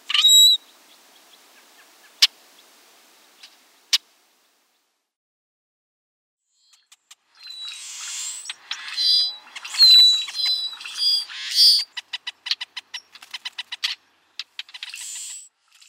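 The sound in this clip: Brewer's blackbird calls: a short call and a few sharp isolated clicks at first, then a dense burst of squeaky, chattering notes and rapid clicks through the second half.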